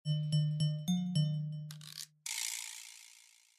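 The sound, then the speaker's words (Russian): Soft bronze bells on a fence chime in a quick run of five or six strikes, their tones ringing on and fading, before a brief rustle and a steady breathy hiss take over. “На ограде, приветствуя меня, тихо зазвенели бронзовые колокольчики.”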